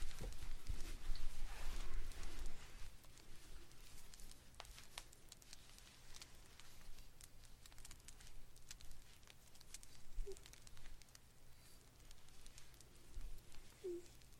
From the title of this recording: Blanket Knitting